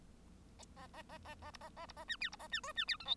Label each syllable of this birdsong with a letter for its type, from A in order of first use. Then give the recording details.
A A A A A B A A B A C D B A C E C D F G. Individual Bird1